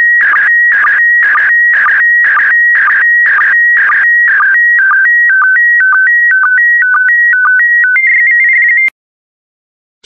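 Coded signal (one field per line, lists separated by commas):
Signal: SSTV (slow-scan television)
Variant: PD120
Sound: warbling tone jumping between a few pitches with short low chirps about twice a second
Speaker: transmission complete you can now check your decoded image against the picture that is shown on the video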